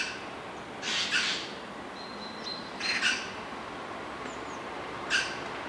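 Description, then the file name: Eurasian magpie calls: a few harsh, rasping bursts about two seconds apart, with a thin high whistle of another bird between them. "Pica pica"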